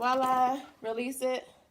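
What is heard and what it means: A Graco Snug 35 infant car seat is being handled over its car base while a woman talks. The seat has not seated or latched onto the base yet.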